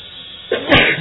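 sneeze

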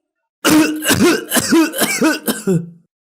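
violent coughing

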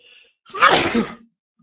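sneeze

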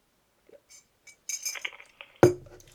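glass clinking

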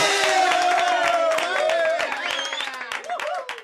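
audience applause

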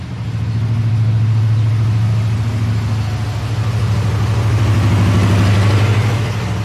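bus pulling up

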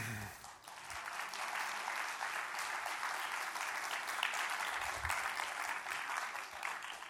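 audience applause

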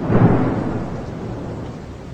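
thunderstorm with heavy rain

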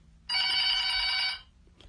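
telephone ringing

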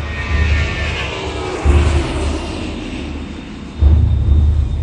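airplane engine in flight

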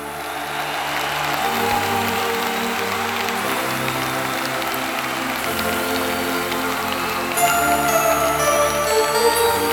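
audience applause

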